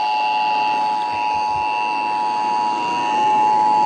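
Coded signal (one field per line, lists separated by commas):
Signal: Emergency Alert System (SAME) tones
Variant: 853 and 960 Hz attention tone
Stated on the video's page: NYC Required Monthly Test EAS alerts.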